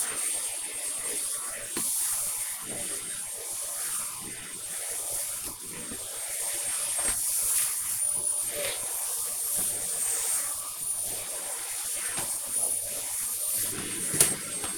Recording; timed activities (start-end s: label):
household activities, microphone on the right wrist
0.00-14.78 s: vacuum cleaning